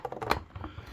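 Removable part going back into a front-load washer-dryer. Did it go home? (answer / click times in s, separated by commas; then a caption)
no / none. A removable part of an LG all-in-one front-load washer and dryer is handled as it is pushed back toward its slot. Light plastic taps and rattles come at about 0.1 and 0.2 seconds, the sharpest knock at 0.3 seconds, and a fainter one at 0.6 seconds. The part has not seated or clicked into place yet.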